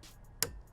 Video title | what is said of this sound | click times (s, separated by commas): Pelican Catch 130 HD Kayak Review, Add-ons, Pros & cons, and customization's | snaps in there and it's done happy fish finder | 0.4 s